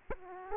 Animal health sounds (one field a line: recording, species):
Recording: mosquito wingbeat signal from an infrared sensor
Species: Aedes aegypti